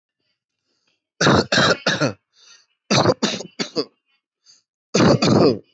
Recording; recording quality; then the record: shallow voluntary cough; excellent, no background noise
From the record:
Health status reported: healthy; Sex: male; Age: 39 years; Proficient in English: yes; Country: India